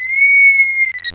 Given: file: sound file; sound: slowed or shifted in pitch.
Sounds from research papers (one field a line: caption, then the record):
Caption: Composite vocalization from a male B6 pup at pnd 8.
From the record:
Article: Unusual Repertoire of Vocalizations in the BTBR T+tf/J Mouse Model of Autism